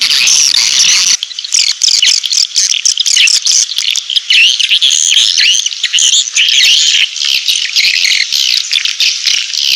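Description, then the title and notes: Swiftlet chirps, many high squeaky twitters layered into a constant chorus from start to finish. Swiftlet farming sound from Asia. "Swiflet Bird Sound. Farming Swiflet Bird asia sound"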